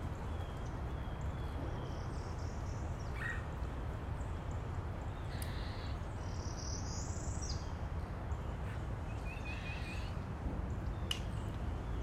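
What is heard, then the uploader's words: Backyard noises: a steady low rumble throughout, with scattered brief bird chirps and tweets, a short trill near ten seconds. Backyard noises # 3 ( no wind sounds ) beautiful crisp bird chirps, airplane flying above.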